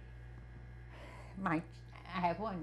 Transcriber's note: sighs